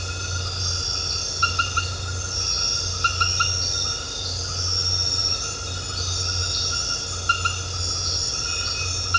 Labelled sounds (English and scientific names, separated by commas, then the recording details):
none
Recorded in dense forest near Puerto Asís, Putumayo, Colombia, on 9 March 2025 at 22:30
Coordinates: 0.468, -76.322
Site GP01